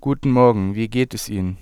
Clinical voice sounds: spoken sentence; German; male; 20 to 29 years; 0; 0; 0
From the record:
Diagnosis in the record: healthy voice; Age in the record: 21 years

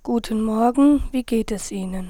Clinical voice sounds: spoken sentence; German; female; 30 to 39 years; 2; 1; 2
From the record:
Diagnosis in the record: hyperfunctional dysphonia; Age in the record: 33 years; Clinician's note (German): Ausgeprägte Form, mit beginnender Phonationsverdickung beidseitig

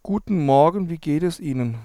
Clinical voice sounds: spoken sentence; German; male; 40 to 49 years; 2; 2; 2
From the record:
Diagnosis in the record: papilloma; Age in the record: 44 years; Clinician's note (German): Zustand nach Abtragung, postoperativer phonatorischer Stillstand rechts

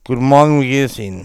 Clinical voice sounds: spoken sentence; German; male; 40 to 49 years; 0; 0; 0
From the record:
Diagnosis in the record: laryngocele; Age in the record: 46 years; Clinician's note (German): Z.B. linkes Taschenband, Stimmlippen o.B.; Stroboskopie o.B.

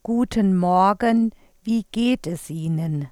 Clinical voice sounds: spoken sentence; German; female; 40 to 49 years; 1; 1; 1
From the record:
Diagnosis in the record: recurrent laryngeal nerve paralysis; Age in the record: 48 years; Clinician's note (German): Rechts, fast komplette Kompensation

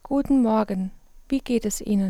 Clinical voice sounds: spoken sentence; German; female; 30 to 39 years; 2; 2; 1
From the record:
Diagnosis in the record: arytenoid dislocation, hyperfunctional dysphonia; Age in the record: 31 years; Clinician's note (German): Zustand danach mit Reposition und ausgeprägter Hyperfunktion

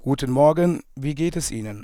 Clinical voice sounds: spoken sentence; German; male; 40 to 49 years; 1; 1; 0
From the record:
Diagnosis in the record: hyperfunctional dysphonia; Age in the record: 41 years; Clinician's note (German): Hyperfunktionelle Dysphonie

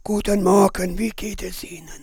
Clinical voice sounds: spoken sentence; German; male; 60 to 69 years; 3; 3; 2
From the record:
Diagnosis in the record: frontolateral partial laryngectomy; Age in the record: 67 years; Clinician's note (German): Zustand danach ; 1. Aufnahme prä OP

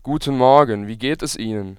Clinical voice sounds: spoken sentence; German; male; 20 to 29 years; 0; 0; 0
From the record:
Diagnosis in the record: healthy voice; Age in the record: 22 years

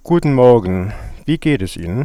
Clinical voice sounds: spoken sentence; German; male; 60 to 69 years; 0; 0; 0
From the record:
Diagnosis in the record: healthy voice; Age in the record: 66 years

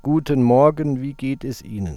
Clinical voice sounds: spoken sentence; German; male; 40 to 49 years; 0; 0; 0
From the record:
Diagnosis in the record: healthy voice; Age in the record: 49 years

